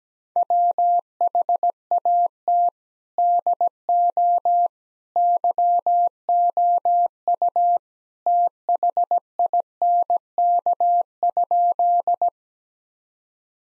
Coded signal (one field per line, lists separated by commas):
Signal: Morse code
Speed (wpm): 17 wpm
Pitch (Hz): 700 Hz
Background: none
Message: WHAT DO YOU THINK?